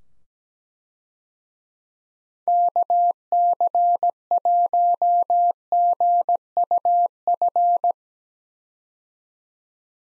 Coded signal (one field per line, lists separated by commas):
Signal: Morse code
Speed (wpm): 17 wpm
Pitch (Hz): 700 Hz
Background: none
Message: KC1GUF